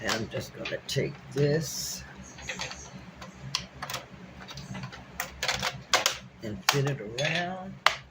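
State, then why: Seated. Someone talks while fitting the plastic bottom cover of a Dell Inspiron laptop around its base, with scattered light taps and clicks of plastic handling throughout. The cover is pressed until its clips engage, and a sharp snap at 7.9 s marks it seating into place.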